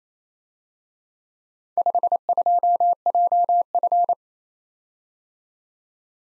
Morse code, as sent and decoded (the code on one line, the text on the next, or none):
..... ..--- .--- ..-.
52JF